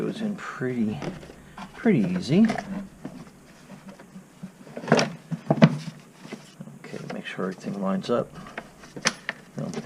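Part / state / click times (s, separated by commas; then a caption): air box lid clips on the air filter housing / seated / 9.1 s, 9.3 s. On a 2005–2011 Hyundai Accent, after a new air filter is fitted, the plastic air box lid on the air filter housing is lined up and its little spring clips are pushed back in while someone talks. Scattered handling knocks lead to two sharp snaps at 9.1 s and 9.3 s as the clips seat and the air box is closed.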